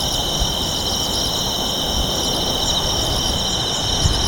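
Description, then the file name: Night insects keep up a continuous high buzz with short bright chirps repeated near the top, over a rumbling town background. Night insects in Kashiwa town, Japan, with town ambience at night; mid-side stereo. "Japan Kashiwa Town Night Bugs and Ambience"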